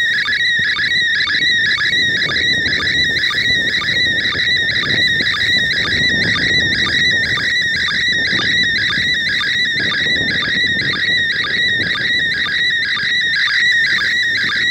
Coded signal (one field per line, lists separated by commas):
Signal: SSTV (slow-scan television)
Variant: PD 120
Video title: #REWA ISS slow scan TV image decoding